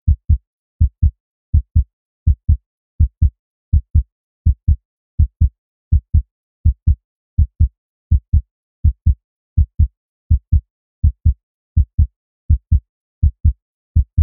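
Steady paired low thumps, lub then dub, repeat at about 82 beats a minute with a very even rhythm: regular heart sounds from an adult heart, with no other sound in the background.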